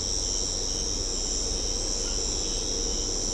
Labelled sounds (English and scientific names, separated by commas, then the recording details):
none
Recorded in secondary vegetation near Puerto Asís, Putumayo, Colombia, on 18 December 2024 at 22:30
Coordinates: 0.500, -76.326
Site G065